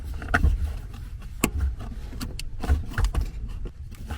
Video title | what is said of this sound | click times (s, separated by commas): How to Make Your Honda Passport Really Fast in 5 Minutes | here and just click it | 0.3 s